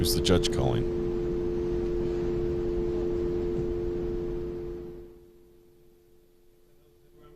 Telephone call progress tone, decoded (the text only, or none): dial tone